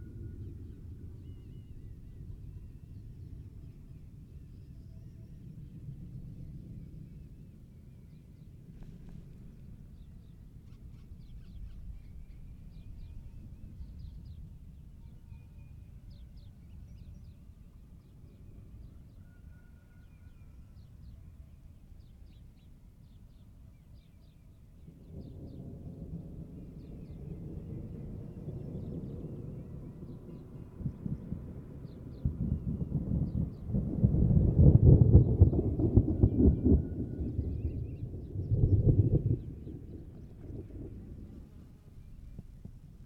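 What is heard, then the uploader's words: Low thunder rumbles through a summer storm, a steady deep murmur for the first twenty-five seconds. It then swells into a heavier roll that peaks in loud bursts around 33 to 39 seconds before easing off. Faint scattered high chirps sit above it. Geophony: Summer Thunderstorm - Carroqueiro, Idanha-a-Nova, Portugal. Soundscapes by Filipe Faria, coming from Idanha-a-Nova.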